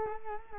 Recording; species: mosquito wingbeat signal from an infrared sensor; Culex quinquefasciatus